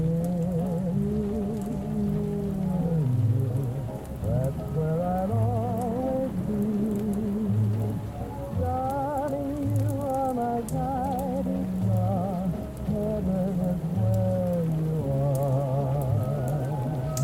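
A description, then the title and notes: Old pop songs play muffled from another room, a warbling vocal melody drifting over a steady, thumping bass line that repeats at an even pace. The sound is dull, with the highs dulled, and a constant soft hiss like light rain sits underneath. Oldies playing in another room.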